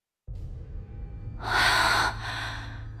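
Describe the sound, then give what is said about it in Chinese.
A loud, breathy gasp surges in after a low rumbling background, a sharp rushing intake of air that swells for about half a second, then eases into a softer, lingering breath, as someone is finally able to breathe again. “终于能喘气儿了。”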